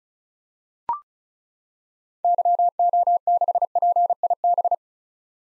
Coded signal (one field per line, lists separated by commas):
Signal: Morse code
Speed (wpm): 36 wpm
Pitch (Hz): 700 Hz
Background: none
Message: YO6PIB